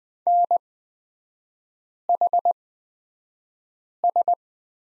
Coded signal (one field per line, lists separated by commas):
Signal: Morse code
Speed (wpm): 20 wpm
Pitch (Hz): 700 Hz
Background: none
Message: NHS